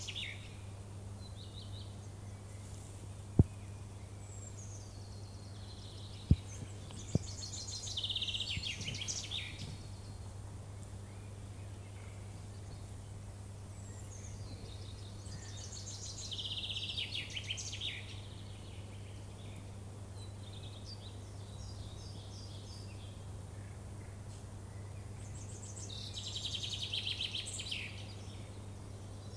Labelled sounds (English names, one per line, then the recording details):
Common Chaffinch song
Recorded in the wild
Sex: male
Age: adult
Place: Hermsdorfer Forsten, Berlin, DE
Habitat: forest
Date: 2005-05-05 12:13
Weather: partly cloudy, 12°C
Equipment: Sony WM-D6C, Sony ECM-MS 907, Kopie Uher 4000 Report Monitor
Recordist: Tembrock, Günter